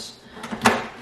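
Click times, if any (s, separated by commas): 0.7 s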